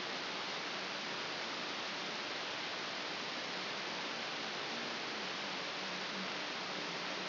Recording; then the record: brain microelectrode recording played as sound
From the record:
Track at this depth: inside the subthalamic nucleus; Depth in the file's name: 6.907 mm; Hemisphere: left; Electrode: 2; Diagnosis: Parkinson's disease